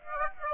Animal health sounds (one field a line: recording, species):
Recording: mosquito wingbeat signal from an infrared sensor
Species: Aedes aegypti